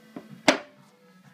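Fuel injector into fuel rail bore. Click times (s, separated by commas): 0.5 s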